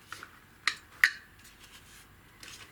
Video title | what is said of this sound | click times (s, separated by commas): TM MP5A5 Next Gen AEG - 1215 - Long | So, as you're sliding this on, just make sure that this recoil weight is clicks in there. Obviously, you want to hear the click. | 1.0 s